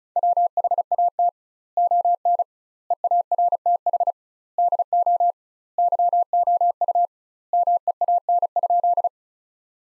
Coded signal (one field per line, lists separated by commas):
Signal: Morse code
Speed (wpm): 34 wpm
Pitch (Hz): 700 Hz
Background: none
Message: WHAT ON EARTH DO YOU MEAN?